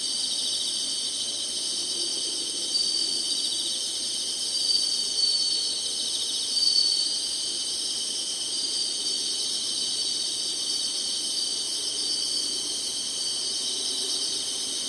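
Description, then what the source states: Insects singing in a steady, dense high-pitched chorus of continuous buzzing trills, with only slight swells in loudness throughout. Singing, in summer.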